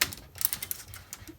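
Hands work the shoulder and torso section of a Fans Toys FT-16 Sovereign pre-production transforming robot figure, moving a body panel toward closed. Short, sharp ticks and taps of handling are heard, with the strongest at 0.0 s and a cluster around 0.4 to 0.7 s, over a quiet background. The panel has not snapped closed yet, and nothing has seated.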